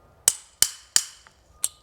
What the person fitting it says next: Once you hear the click, you know it's tight.